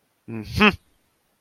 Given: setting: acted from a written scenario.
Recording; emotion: vocal sound without words; triumph